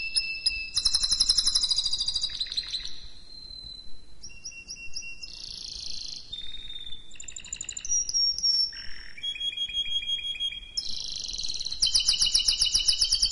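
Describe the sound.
Canary song with a long medley of quick trills, pure held whistles and a short low buzzy passage, phrases switching every one to two seconds.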